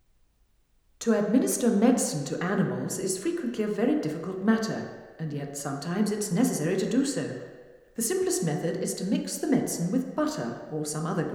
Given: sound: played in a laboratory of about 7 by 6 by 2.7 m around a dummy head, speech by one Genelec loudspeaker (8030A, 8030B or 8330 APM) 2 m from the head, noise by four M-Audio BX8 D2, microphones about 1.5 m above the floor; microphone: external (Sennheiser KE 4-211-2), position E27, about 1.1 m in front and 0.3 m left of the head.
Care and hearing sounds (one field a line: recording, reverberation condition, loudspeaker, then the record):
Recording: female speech in English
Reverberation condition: high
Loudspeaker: 30 degrees to the left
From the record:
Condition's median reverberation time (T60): about 1300 ms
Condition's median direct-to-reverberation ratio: about -4.0 dB